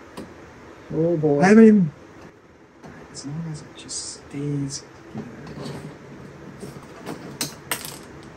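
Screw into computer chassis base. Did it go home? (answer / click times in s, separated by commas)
no / 7.4 s, 7.7 s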